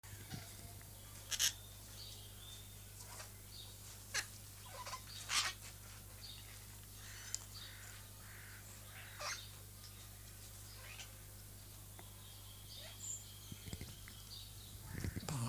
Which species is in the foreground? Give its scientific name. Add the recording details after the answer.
Cacatua goffiniana. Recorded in captivity. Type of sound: call. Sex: pair. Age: adult. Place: Zoo Berlin, Berlin, DE. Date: 2004-04-22 15:53. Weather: sunny, 22-24°C. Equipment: Fair Mate ST-1328 (Asahi Electronics, Japan), Sennheiser ME 80, Kopie Uher 4000 Report Monitor. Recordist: Tembrock, Günter. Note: Paar im Körperkontakt